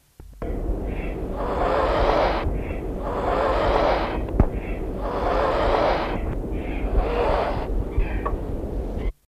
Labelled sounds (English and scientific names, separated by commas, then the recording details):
Eurasian Eagle-owl (Bubo bubo) call
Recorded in captivity
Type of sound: call
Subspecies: omissus
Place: Vogelpark Bad Schwartau, Schleswig-Holstein, DE
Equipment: Halbspur, 9,5 cm/s
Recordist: Lütgens, Hans
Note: Abwehrend